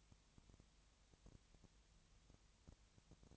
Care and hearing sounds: daily activity, microphone in the room; no activity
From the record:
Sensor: 3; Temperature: 20.6 degrees Celsius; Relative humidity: 34.7%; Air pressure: 1007.2 hPa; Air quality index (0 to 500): 137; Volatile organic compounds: 3 ppm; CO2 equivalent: 1526 ppm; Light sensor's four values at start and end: 2/3/2/2 and 2/3/2/2

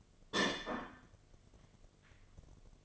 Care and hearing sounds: daily activity, microphone in the room; place plate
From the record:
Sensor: 4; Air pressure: 1005.1 hPa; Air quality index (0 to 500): 183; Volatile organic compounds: 5 ppm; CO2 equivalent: 1794 ppm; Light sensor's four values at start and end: 5/11/4/4 and 5/11/4/4

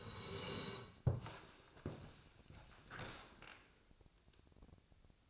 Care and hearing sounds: daily activity, microphone in the room; sit down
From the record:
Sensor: 2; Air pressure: 1000.3 hPa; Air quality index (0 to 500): 166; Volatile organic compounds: 3 ppm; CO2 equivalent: 1384 ppm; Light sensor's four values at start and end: 8/17/8/8 and 8/18/8/8

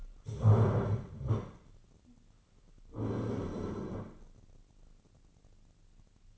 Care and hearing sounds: daily activity, microphone in the room; stand up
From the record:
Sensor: 4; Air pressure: 1010.0 hPa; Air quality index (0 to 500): 194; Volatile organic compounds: 3 ppm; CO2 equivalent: 1390 ppm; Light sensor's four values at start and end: 40/98/41/44 and 40/97/40/44

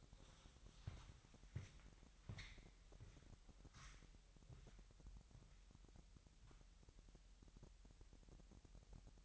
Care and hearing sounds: daily activity, microphone in the room; walk to room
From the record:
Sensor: 3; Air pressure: 1002.0 hPa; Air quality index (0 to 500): 247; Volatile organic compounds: 49 ppm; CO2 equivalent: 3285 ppm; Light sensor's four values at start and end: 8/17/7/9 and 9/21/8/8

